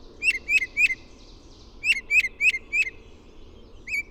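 Birdsong with bright, slightly upturned whistled chirps in runs of three and four, a short gap, then one last note at the end.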